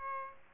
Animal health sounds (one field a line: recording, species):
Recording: mosquito wingbeat signal from an infrared sensor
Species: Aedes albopictus